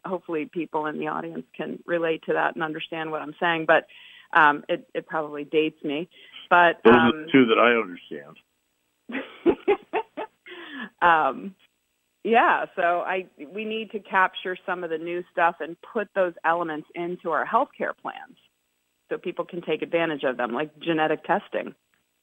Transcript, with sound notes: And hopefully people in the audience can relate to that and understand what I'm saying but, um, it, it probably dates me. But, um-
Those are the two that I understand.
(laughs) Um, yeah, so I, we need to capture some of the new stuff and put those elements into our healthcare plans so people can take advantage of them. Like genetic testing.